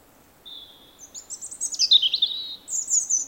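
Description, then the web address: Robin song: a thin sustained high whistle, then a fast run of sweet, very high twittering notes that rise and tumble. "Robin. Paul Smith Gallery"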